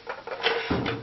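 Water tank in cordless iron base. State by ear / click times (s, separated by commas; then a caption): released / 0.1 s, 0.5 s. Someone presses the small release button on the side of a Panasonic NI-WL600 cordless iron, and the plastic water tank unlatches from the cordless iron base and lifts out. Two short clicks are heard at 0.1 s and 0.5 s, followed by a low rumbling handling sound as the tank comes free.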